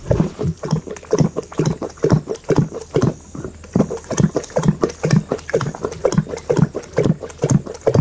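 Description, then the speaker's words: Lion lapping water in a steady, energetic rhythm of wet, low slurps, about two per second throughout. Lion drinking at the edge of a Kenyan waterhole, picked up by microphones left there; it cleared its throat after taking in a lot of water. "Le lion qui devait boire, en fait. Qui se raclait la gorge après avoir pris une grande quantité d'eau."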